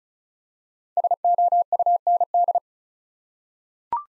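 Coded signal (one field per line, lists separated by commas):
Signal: Morse code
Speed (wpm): 36 wpm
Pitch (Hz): 700 Hz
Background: none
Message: SOUND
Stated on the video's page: Morse practice sending 5-letter words at 35 wpm, each word sent twice for head-copy training.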